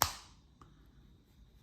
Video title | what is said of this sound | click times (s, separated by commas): Alfa Romeo 159 Brera 156 Spider Key Fob Battery Replacement | we just pop it back into the bottom make sure it clicks in place | 0.0 s